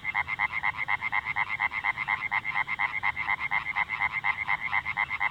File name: Hyla orientalis